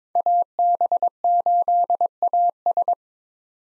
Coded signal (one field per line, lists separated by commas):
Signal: Morse code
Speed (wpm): 22 wpm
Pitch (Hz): 700 Hz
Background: none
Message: AB8AS